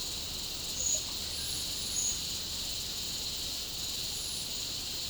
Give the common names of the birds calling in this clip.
none